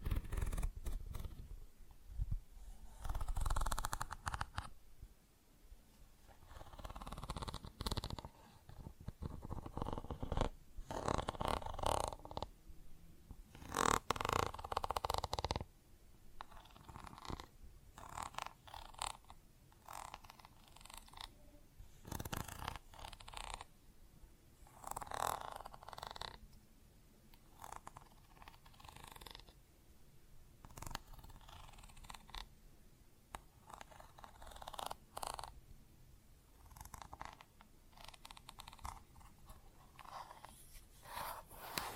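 Plastic objects are tapped and scratched in an irregular, busy stream of short clicks and rustling scrapes. Louder bursts come around the first fifteen seconds, including sharp knocks near 11 and 14 seconds, then the handling settles into softer, steadier scratching with occasional taps.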